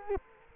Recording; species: mosquito wingbeat signal from an infrared sensor; Culex quinquefasciatus